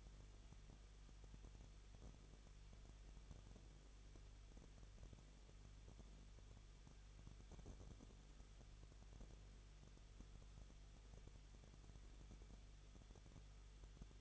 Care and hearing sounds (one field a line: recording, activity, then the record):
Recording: daily activity, microphone in the room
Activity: no activity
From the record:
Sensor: 4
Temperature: 23.0 degrees Celsius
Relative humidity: 34.4%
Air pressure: 1007.3 hPa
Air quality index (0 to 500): 214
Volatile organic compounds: 14 ppm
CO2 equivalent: 2458 ppm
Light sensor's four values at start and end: 2/3/1/1 and 2/3/1/1